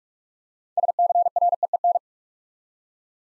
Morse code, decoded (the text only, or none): SCREEN